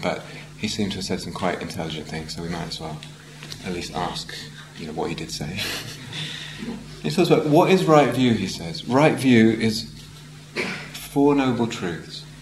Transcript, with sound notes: But he seemed to have said some quite intelligent things, so we might as well at least ask, you know, what he did say. [laughs] He talks about, what is Right View? He says Right View is the Four Noble Truths.